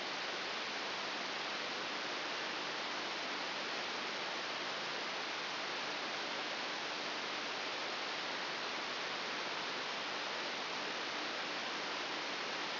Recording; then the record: brain microelectrode recording played as sound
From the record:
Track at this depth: inside the subthalamic nucleus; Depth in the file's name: 4.602 mm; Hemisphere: right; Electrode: 3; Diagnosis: Parkinson's disease